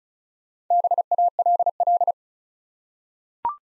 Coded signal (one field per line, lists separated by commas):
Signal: Morse code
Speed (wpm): 36 wpm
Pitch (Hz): 700 Hz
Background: none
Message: BALL